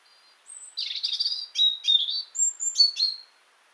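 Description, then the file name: European robin singing a varied phrase: a pure high whistle, a scratchy burst, then several sweet falling notes in quick succession, about three seconds long. "Erithacus rubecula"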